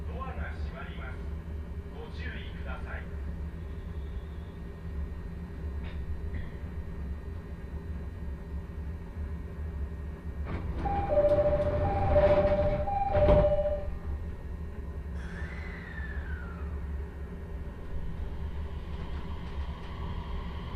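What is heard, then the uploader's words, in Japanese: Riding the Joban Line train, with a steady low rumble of the carriage running throughout. Faint voices come in the first few seconds, and around eleven to fourteen seconds a series of short high beeping tones rises over a louder surge, followed by a brief rising-then-falling whine. 鉄道旅 常磐線 南中郷→勝田。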